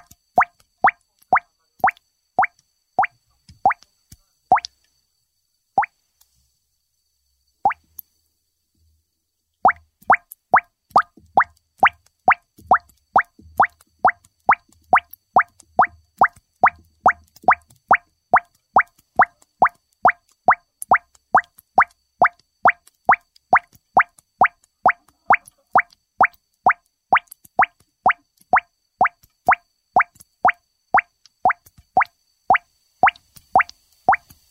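Oxygen bubbles pop up through water in a steady stream of quick, bright plops, pausing briefly near eight seconds, then resuming faster.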